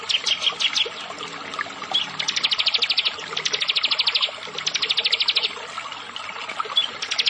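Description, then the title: Prinia: a few sharp high chips, then long, fast, even trills of high notes, one after another. "Ciblek Sawah"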